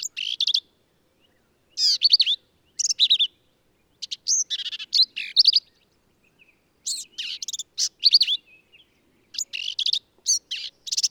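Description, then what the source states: Black-capped vireo song: lively, emphatic bursts of high, squeaky, warbled phrases in clusters separated by short pauses, phrases varied and run together; quiet background. Male singing in the Texas hill country, United States; endangered species; varies phrases, truncating, embellishing and running several together; all recordings from one individual.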